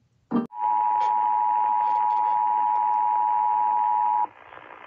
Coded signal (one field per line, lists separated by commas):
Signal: Emergency Alert System (SAME) tones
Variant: 853 and 960 Hz attention tone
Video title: EAS Tornado Watch #603 For Alamance, Person and Randolph Counties!